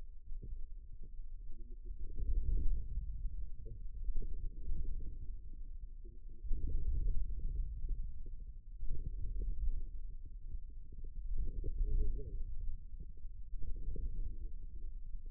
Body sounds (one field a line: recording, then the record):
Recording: forearm muscle sounds (acoustic myography)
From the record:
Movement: inward rotation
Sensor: system 2, bracelet of six BSWA MPA416 microphones around the upper forearm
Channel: 4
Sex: male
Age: 22 years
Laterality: right